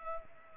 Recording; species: mosquito wingbeat signal from an infrared sensor; Culex pipiens